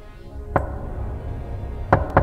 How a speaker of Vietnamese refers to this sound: Ấy, cái tiếng gõ ấy cứ lạch cả lạch cạch vang lên đều đều.